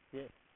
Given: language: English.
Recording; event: throat vibration sensor signal played as sound; speech